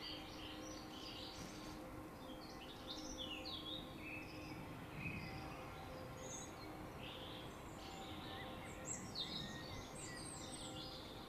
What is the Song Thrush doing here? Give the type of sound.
song